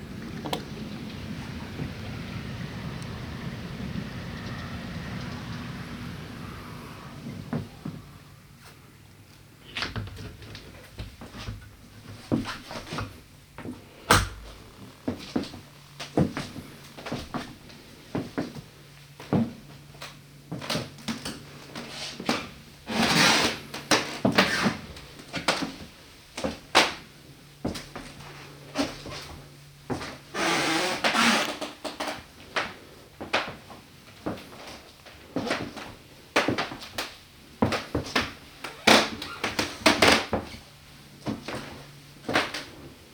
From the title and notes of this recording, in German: Immersive Binaural 3D Audio: Sounds of Strömma Farmlodge. Knarzenden Holzböden.